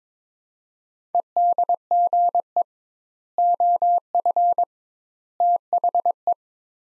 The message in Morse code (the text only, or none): EDGE OF THE